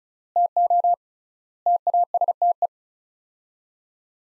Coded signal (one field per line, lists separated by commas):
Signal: Morse code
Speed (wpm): 36 wpm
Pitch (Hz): 700 Hz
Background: none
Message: TO TASTE